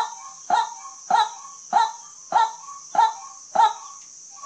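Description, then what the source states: White-breasted waterhen: several harsh, clipped calls spaced a little over half a second apart, with a steady high-pitched background hiss. Waterhen call used as a lure for hunting, with emphasis on shooting at night.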